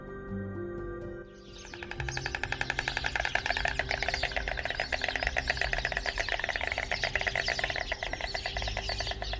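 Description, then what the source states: White Stork bill clattering, a fast dry rattle of wooden knocks that starts after a steady tone and runs without a break to the end. Breeding partners greet each other with bill clattering while throwing their heads back to touch their backs; breeding season begins in March after the migrating partners return.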